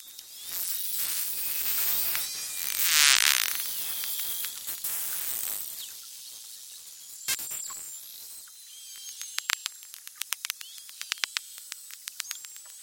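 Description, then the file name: Beluga whale sounds: a loud hissing, buzzy burst early on, then a few high whistles and scattered sharp clicks toward the end. "zvuki belukhi"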